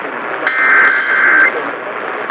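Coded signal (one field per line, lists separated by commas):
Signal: Emergency Alert System (SAME) tones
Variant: header bursts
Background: speech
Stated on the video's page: EAS tones for tornado, severe thunderstorm and flash flood warnings in North Central Texas, received on a Sangean CL-100 radio.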